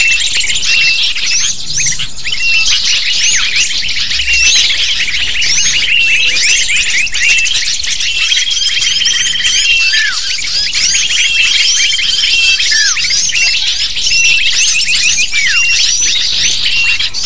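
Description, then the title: Many lovebirds calling together, a continuous busy wash of piercing chirps and short squeaks, with faint level whistles in places. Recording of lovebird calls used to lure lovebirds. "PIKAT BURUNG LOVEBIRD"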